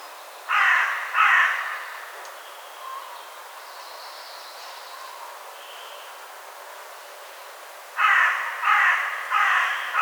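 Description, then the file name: Carrion crow caws: two harsh notes, then a quiet gap, then a fresh burst of four rasping caws. "Corvus corone"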